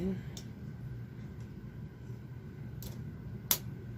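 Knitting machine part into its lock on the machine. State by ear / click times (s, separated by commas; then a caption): seated / 3.5 s. A part on a knitting machine that failed to lock on the first try is worked into its lock again over a low steady hum while someone talks. A faint tick comes at 2.8 seconds, then a sharp click at 3.5 seconds as the part locks into place.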